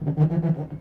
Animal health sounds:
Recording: contact call of a hoofed animal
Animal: goat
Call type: low-frequency (closed-mouth) or high-frequency (open-mouth) call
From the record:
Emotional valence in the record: positive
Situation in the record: food anticipation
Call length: 0.81 s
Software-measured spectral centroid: 780 Hz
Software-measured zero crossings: 450 a second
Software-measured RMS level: -23 dBFS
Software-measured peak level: -13 dBFS

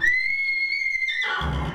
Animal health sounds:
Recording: contact call of a hoofed animal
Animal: horse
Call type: whinny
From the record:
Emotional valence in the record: negative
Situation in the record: group separation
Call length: 1.75 s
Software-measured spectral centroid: 2280 Hz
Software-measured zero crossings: 3640 a second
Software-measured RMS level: -24 dBFS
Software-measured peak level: -10 dBFS

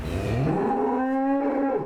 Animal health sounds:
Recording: contact call of a hoofed animal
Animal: cattle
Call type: low-frequency (closed-mouth) or high-frequency (open-mouth) call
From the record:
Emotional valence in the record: negative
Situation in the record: full separation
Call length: 1.85 s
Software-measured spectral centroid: 1220 Hz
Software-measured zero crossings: 1030 a second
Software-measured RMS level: -24 dBFS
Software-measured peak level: -13 dBFS

